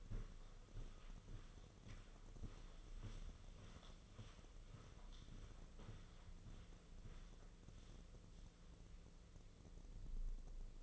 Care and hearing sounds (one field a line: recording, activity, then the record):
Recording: daily activity, microphone in the room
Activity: walk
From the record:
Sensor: 4